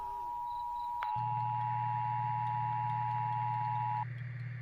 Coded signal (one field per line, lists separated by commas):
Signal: Emergency Alert System (SAME) tones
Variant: 853 and 960 Hz attention tone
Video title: EAS Catch 05: Required Weekly Test for All of South Dakota USA from the GNWEAS Relay Network